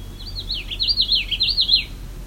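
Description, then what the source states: Common Yellowthroat singing a rapid, rolling phrase of several wavering high notes. Recorded in the field near a lake; the bird is getting very close to the recorder.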